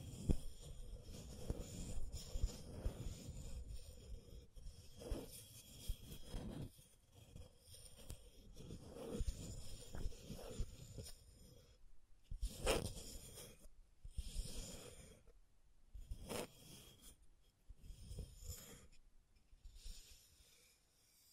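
Scratching and tracing on a surface, heard as irregular rasping strokes with a low, rough rumble. The first half is dense and busy; later the strokes thin into separate bright scrapes, with sharp ones near 13, 16 and 19 seconds.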